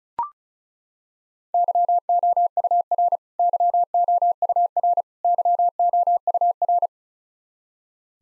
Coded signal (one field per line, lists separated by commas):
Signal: Morse code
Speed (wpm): 36 wpm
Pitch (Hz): 700 Hz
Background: none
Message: YOUR YOUR YOUR